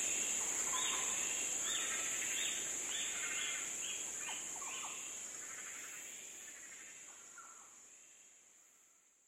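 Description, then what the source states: Yellow oriole fluty song, quick run of clear whistled notes that fades away toward the end, with a continuous high-pitched insect hum behind. More than one yellow oriole, giving fluty sounds.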